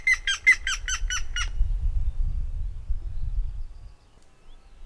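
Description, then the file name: Grey-headed woodpecker calling a short burst of about seven harsh, nasal notes in quick succession, then low rumbling background noise fills the rest. "Hamvas küllő - Picus canus"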